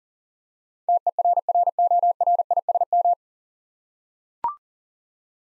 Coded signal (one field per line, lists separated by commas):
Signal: Morse code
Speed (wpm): 37 wpm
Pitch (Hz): 700 Hz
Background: none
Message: TERRORISM